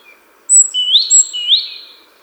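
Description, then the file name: Great tit calling: two clear rising slurred notes, each joined by a thin very high whistle, over quiet background noise. "Parus major"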